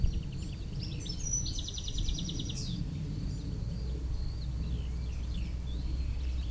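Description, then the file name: European Goldfinch calls, a quick run of high, buzzy repeated notes lasting about a second, with fainter high twitters later over a steady low rumble. "Carduelis carduelis"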